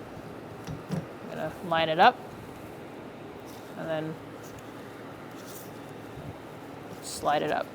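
A windshield wiper blade on a 2010–2013 Kia Soul is lined up and slid along the wiper arm hook while someone talks, with faint handling noises under a steady low hum. Nothing has clicked or seated yet.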